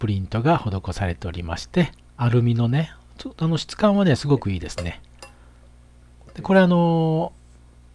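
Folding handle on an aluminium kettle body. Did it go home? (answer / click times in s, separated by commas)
no / none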